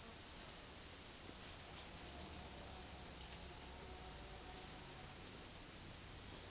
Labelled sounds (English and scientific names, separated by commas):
none